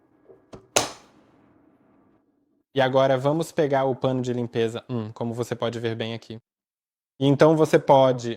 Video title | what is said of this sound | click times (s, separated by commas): DREAME D20 Plus – Como instalar o pano de limpeza e encher o tanque de água | Então, uma vez feito isso, você pode colocá-lo até ouvir um clique. | 0.8 s